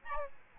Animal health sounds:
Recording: mosquito wingbeat signal from an infrared sensor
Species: Aedes albopictus

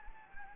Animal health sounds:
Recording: mosquito wingbeat signal from an infrared sensor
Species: Anopheles gambiae

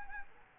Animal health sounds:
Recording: mosquito wingbeat signal from an infrared sensor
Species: Anopheles arabiensis

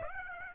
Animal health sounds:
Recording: mosquito wingbeat signal from an infrared sensor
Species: Aedes aegypti

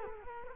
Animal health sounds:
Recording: mosquito wingbeat signal from an infrared sensor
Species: Culex quinquefasciatus

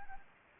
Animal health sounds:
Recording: mosquito wingbeat signal from an infrared sensor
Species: Anopheles gambiae

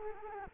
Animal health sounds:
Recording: mosquito wingbeat signal from an infrared sensor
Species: Culex quinquefasciatus

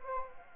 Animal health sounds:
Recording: mosquito wingbeat signal from an infrared sensor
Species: Anopheles gambiae

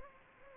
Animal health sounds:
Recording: mosquito wingbeat signal from an infrared sensor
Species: Culex pipiens

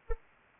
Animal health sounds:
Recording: mosquito wingbeat signal from an infrared sensor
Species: Anopheles arabiensis

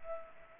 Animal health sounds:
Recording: mosquito wingbeat signal from an infrared sensor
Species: Culex pipiens

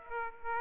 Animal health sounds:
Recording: mosquito wingbeat signal from an infrared sensor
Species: Aedes aegypti

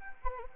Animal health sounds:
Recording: mosquito wingbeat signal from an infrared sensor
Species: Anopheles arabiensis

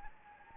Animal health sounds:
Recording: mosquito wingbeat signal from an infrared sensor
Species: Anopheles gambiae

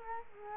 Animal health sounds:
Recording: mosquito wingbeat signal from an infrared sensor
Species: Culex quinquefasciatus

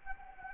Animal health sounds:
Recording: mosquito wingbeat signal from an infrared sensor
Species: Anopheles arabiensis

